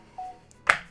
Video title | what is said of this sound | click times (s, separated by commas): Samsung Galaxy Tab S6 & Book Cover Keyboard Unboxing and First Impressions | That is a really satisfying click there. That just clicks right into there. | 0.7 s